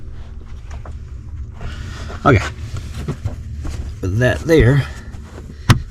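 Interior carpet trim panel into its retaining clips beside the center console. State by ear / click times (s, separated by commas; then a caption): seated / 5.7 s. After the power wire for a Bearcat 880 CB radio is routed in a JL, the interior carpet trim panel beside the center console is pressed back into its retaining clips while someone talks over a low background rumble. One sharp, loud snap at 5.7 s marks the trim seating into its clips.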